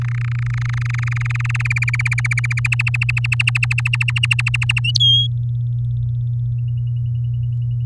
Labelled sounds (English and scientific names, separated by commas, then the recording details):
Domestic Canary (Serinus canaria) song
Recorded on 7 May 2018 at 16:03
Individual llb16